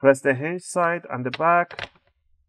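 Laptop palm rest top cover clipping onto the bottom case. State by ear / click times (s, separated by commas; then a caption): not seated / none. Someone talks while handling the plastic palm rest top cover of an ASUS X541N laptop, about to press it down along the hinge side at the back so its clips snap into the bottom case. Only the voice is clearly heard, followed by near silence with two faint ticks at 2.1 and 2.6 seconds. Nothing has seated or clicked yet.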